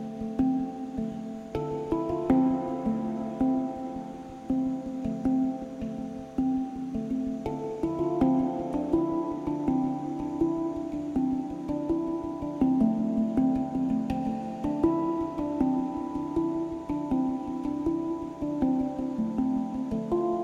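A handpan is played in a steady, flowing pattern of ringing metallic notes, struck quickly and evenly so each tone overlaps the last. The notes sit in a warm middle register with long sustain, and the pattern shifts slightly around seven and fifteen seconds.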